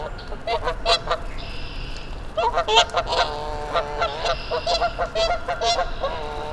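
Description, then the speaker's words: Goose honks, scattered calls at first, then a busy stretch of overlapping nasal honks from a small flock. Geese on the frozen pond at Mud Pond nature refuge, Vermont; companions arrived from the south, then about 15 minutes of group calling before the geese flew on; parabolic microphone. "After about 15 minutes of goose conversation, they flew on to their destination"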